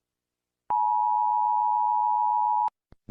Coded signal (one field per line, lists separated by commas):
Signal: Emergency Alert System (SAME) tones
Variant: 853 and 960 Hz attention tone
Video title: NATO And Ukraine Invading Russia, EAS Scenario (All Fake, Not Real)